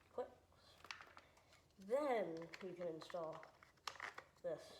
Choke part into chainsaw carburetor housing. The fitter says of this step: and then this part here you can rotate up until it clicks